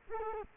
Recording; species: mosquito wingbeat signal from an infrared sensor; Culex quinquefasciatus